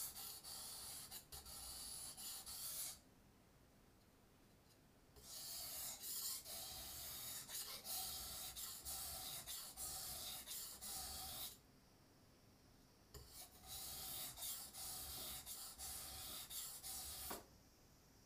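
A blade is being sharpened on a whetstone in steady back-and-forth strokes, a bright scraping hiss that runs for a few seconds at a time. Short pauses break the rubbing, near 3, 12 and 17 seconds, with quiet between.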